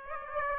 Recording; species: mosquito wingbeat signal from an infrared sensor; Aedes aegypti